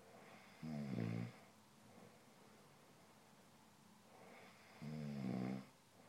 Snoring.